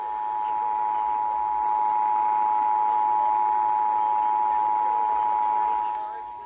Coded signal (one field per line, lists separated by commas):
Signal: Emergency Alert System (SAME) tones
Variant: 853 and 960 Hz attention tone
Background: speech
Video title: Weeklies & Monthlies! NWR/EAS Tests from July 20, 2022 (EAS#696-702)